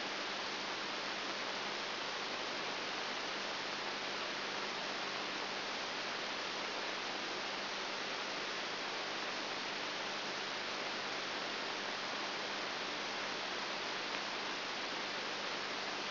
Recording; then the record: brain microelectrode recording played as sound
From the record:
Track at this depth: outside the subthalamic nucleus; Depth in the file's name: 0.705 mm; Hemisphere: left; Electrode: 3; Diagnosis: Parkinson's disease